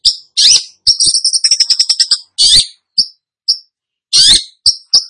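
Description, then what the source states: Cendet song: a mix of scratchy squawks, a rapid trill of high whistled notes and short sharp chips with pauses between. Cendet singing energetically (gacor).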